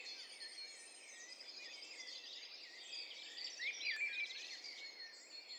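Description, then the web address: Several birds sing at once in a busy tangle of high whistles and trills, with a clearer rising phrase late over hiss. Several birds singing at once in an overlapping mix. "Hi Fi STEREO BIRD COCKTAIL PARTY Challenge SBCP TESTSET HDBird Cocktail Party"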